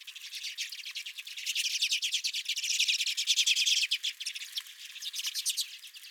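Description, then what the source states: Redpolls chattering, a continuous rush of fast, slightly buzzy chips that builds to a peak midway and then tapers off. Redpolls at the recordist's feeder.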